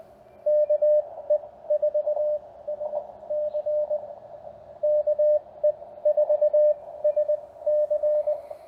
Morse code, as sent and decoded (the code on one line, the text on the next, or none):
-.- . ....- ... -.-. / -.- . ....- ... -.-.
KE4SC KE4SC